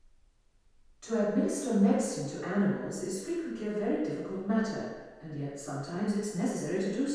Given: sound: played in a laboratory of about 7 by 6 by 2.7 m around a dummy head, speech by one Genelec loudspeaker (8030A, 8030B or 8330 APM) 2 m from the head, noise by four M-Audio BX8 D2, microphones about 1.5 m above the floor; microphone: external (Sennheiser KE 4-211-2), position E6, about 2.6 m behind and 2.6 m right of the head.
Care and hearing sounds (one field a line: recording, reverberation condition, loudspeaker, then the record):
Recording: female speech in English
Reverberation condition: high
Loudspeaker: in front (0 degrees)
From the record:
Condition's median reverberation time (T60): about 1300 ms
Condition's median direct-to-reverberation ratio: about -4.0 dB